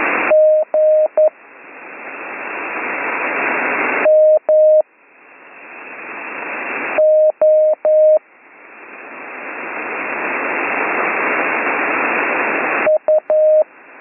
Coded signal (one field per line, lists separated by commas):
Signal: Morse code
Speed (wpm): 11 wpm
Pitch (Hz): 620 Hz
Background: none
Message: G M O U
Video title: Slow Morse Code Course - Week 6 - Learn Morse Code